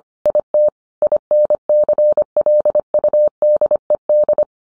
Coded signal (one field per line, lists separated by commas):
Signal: Morse code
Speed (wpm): 25 wpm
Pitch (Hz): 600 Hz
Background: none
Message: IT INCLUDED